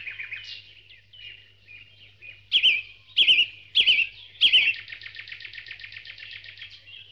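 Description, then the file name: Dawn chorus of several birds, soft chirps at first, then four loud looping whistled phrases followed by a long rapid trill. Dawn chorus, from a sound-effects collection. "Spectacular Sound Effects - Birds Dawn Chorus"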